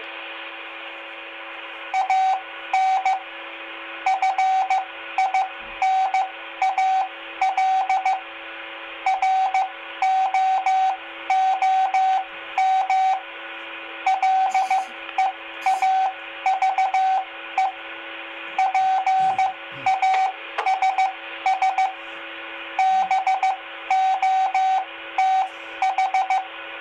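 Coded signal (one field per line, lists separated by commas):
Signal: Morse code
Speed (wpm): 15 wpm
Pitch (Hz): 760 Hz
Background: radio noise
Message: AN FINAL ROOM LEAVE PASS BOTH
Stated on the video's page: CW practice during a net on the 2 m repeater at 146.825 MHz FM, received on Baofeng UV-5R and Explorer QRZ-1 handhelds.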